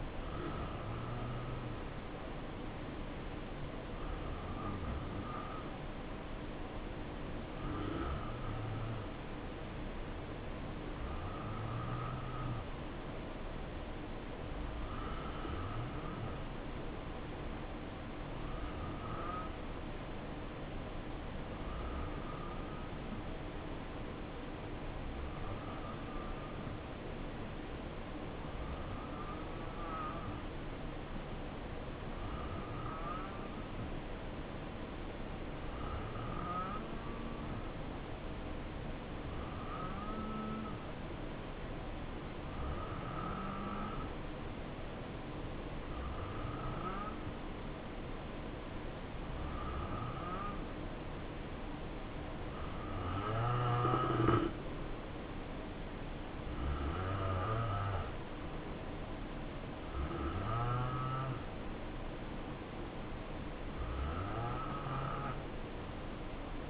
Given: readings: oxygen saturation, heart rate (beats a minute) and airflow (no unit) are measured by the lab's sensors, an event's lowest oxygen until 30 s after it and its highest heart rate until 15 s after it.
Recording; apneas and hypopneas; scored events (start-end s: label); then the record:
breathing in sleep by a voice recorder at the bedside; 1
14.00-53.40 s: hypopnea (N2, oxygen 90% highest, then 86% lowest, heart rate 64 at the start, 71 highest)
From the record:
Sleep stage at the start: N2 (light sleep); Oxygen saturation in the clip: 86 to 90%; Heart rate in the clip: 61 to 71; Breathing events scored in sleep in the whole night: 277 in 7.4 hours asleep